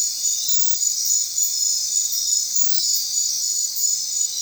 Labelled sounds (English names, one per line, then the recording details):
none
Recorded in secondary vegetation near Puerto Asís, Putumayo, Colombia, on 29 June 2025 at 22:00
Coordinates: 0.499, -76.323
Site G077